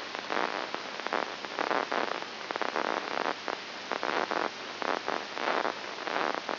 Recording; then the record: brain microelectrode recording played as sound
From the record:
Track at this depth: inside the subthalamic nucleus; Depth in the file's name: 6.901 mm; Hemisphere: left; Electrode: 2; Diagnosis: Parkinson's disease